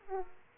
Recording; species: mosquito wingbeat signal from an infrared sensor; Aedes aegypti